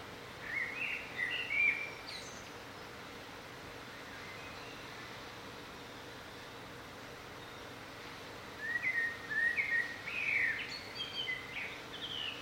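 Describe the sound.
Bird singing two spells of quick whistled, warbling phrases, one near the start and a longer one near the end, separated by quiet hiss.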